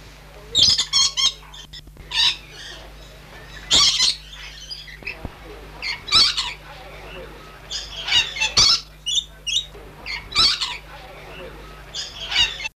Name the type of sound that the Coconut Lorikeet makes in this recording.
call